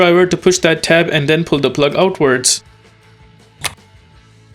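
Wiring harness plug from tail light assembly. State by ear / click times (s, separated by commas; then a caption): released / 3.6 s. Someone talks for the first 2.5 seconds, then it goes quiet until a single sharp click at 3.6 s, as the tab on the wiring harness plug of a 2020–2025 Nissan Versa tail light assembly is pushed and the plug is pulled outwards. The plug unclips and comes free of the tail light.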